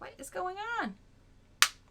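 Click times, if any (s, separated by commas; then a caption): 1.6 s. The lid of a skincare product jar, which had been opened and closed many times because it would not shut, finally snaps closed. Someone talks for the first second, then after a short quiet gap the lid gives a loud, sharp click at 1.6 s, seating it shut.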